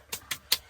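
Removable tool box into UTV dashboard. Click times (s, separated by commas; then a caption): 0.1 s, 0.3 s, 0.5 s. A removable tool and glove box is pushed back into the dashboard of a Can-Am Defender HD8/HD9 UTV (2018, 2021, 2023 models), and its handle is pressed down to lock it. Three short, sharp clicks sound at 0.1, 0.3 and 0.5 s, the last being the loudest. The box is latched home and locked in place so it won't come out.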